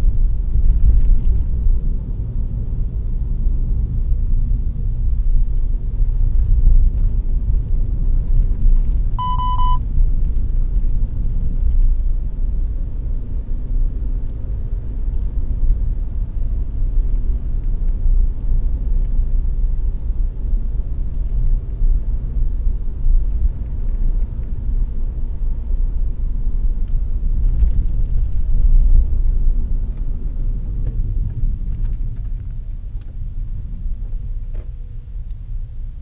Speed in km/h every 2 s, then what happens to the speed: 48, 43, 44, 48, 52, 55, 58, 60, 62, 62, 60, 60, 57, 55, 47, 22, 14, 20.
3-16 speeds up to 62. 16-22 steady at about 60. 22-32 brakes to 14.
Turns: 29-32.